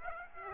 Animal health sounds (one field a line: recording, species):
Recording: mosquito wingbeat signal from an infrared sensor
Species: Aedes aegypti